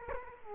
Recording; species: mosquito wingbeat signal from an infrared sensor; Culex quinquefasciatus